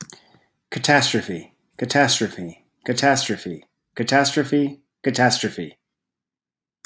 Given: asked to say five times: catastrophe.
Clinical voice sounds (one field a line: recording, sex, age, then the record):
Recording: repeated word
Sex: male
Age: 30 to 39 years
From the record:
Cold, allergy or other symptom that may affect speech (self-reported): no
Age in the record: 39 years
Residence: California, United States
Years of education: 17